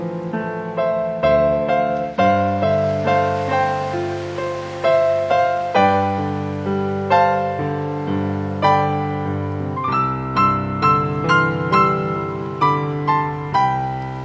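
Soft, steady piano plays close and clear, with rolling chords and evenly paced notes arriving roughly every second over a low, sustained bass.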